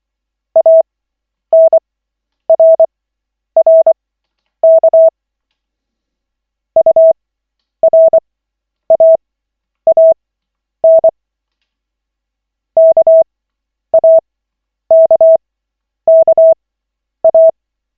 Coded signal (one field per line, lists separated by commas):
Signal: Morse code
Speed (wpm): 24 wpm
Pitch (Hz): 650 Hz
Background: none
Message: ANRRK URAAN KAKKA